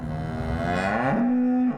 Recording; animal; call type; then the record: contact call of a hoofed animal; cattle; low-frequency (closed-mouth) or high-frequency (open-mouth) call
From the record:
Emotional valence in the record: negative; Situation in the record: full separation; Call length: 1.77 s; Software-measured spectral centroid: 1300 Hz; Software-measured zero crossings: 950 a second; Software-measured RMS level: -24 dBFS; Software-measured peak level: -10 dBFS